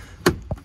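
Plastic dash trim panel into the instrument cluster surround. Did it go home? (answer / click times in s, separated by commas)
yes / 0.3 s, 0.5 s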